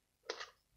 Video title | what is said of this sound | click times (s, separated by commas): How To Unlock A Vaultz Pencil Box Without Your Key!👌[Also Review] | it out until you hear that click aim is locked unlock | 0.3 s